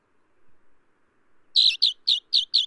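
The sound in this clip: Alpine accentor calls: a quick series of five short chirps, evenly spaced and fairly high, after a quiet opening.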